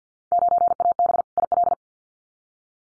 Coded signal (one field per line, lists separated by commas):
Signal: Morse code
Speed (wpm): 50 wpm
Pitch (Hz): 700 Hz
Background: none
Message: 9AB IL